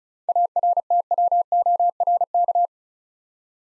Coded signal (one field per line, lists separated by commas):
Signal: Morse code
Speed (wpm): 36 wpm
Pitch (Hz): 700 Hz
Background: none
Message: ARTWORK